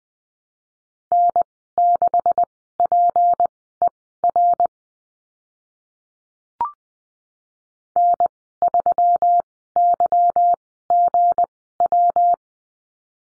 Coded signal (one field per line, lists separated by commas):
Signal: Morse code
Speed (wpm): 20 wpm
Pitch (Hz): 700 Hz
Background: none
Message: N6PER N3YGW